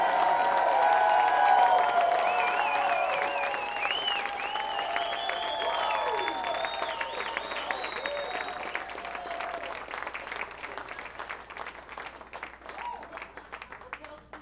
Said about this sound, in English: Fort Wayne, Indiana, please give a warm, loud round of applause for my lovely wife,